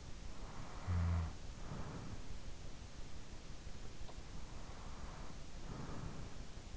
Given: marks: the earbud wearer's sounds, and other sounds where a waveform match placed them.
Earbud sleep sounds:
sounds in sleep by an in-ear microphone; snoring breath, breath
0.07-2.93 s: snoring breath
3.96-6.77 s: breath

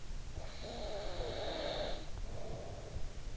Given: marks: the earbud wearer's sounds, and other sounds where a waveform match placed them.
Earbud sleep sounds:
sounds in sleep by an in-ear microphone; breath
0.27-3.14 s: breath

